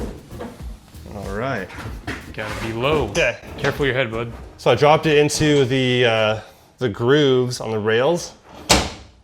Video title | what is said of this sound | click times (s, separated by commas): New Peragon Tectonic Bed Cover Install!! | and making sure it locks into place, man, and we're good to go. | 8.7 s